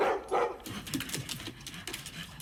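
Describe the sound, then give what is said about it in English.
A dog gives two loud, sharp barks in quick succession, then settles into softer, high-pitched whimpering yips over a steady rustling background. “You give me the money, and I give you the dog.”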